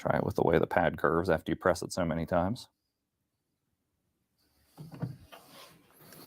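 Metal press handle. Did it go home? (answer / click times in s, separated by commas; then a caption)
no / none. A cap heat press handle is being brought down toward its locked position over a cap with an embroidered emblem on the pad. Someone talks for the first few seconds, then after a quiet gap there is faint handling and rustling with small knocks. Nothing has seated or clicked yet.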